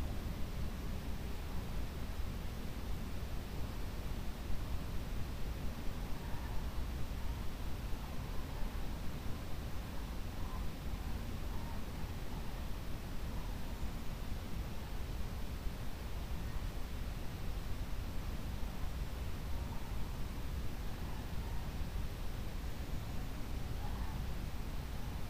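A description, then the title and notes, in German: Steady forest hiss blended with green and white noise, a dense, unchanging rush weighted toward the low end, with faint rustling flickers throughout. Waldrauschen Grünes und Weißes Rauschen.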